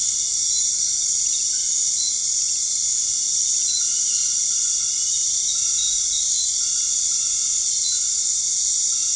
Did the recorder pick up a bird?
no